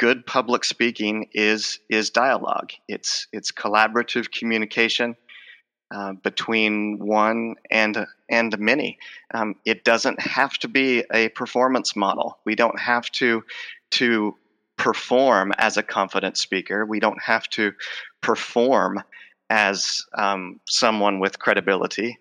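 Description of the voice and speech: Adult male speaker with a long-standing covert stutter, speaking for about 42 years, who avoids stuttering through memorization and silence. His speech is stuttered, with brief word repetitions, prolonged sounds and frequent pauses.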